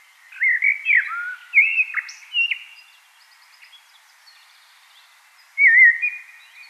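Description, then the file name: Common blackbird song: fluted warbling phrases with squeaky high notes, then a quiet pause before a final fluted phrase. "Turdus merula"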